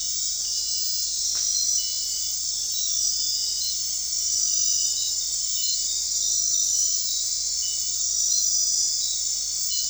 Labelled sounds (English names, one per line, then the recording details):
none
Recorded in dense forest near Puerto Asís, Putumayo, Colombia, on 9 March 2025 at 00:00
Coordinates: 0.499, -76.324
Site GP03